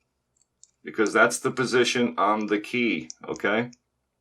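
The rotating index plate of a tubular key cutting machine is handled as it is turned toward position one, with a few faint ticks early on before someone talks. The index has not yet clicked into its detent, and nothing has seated.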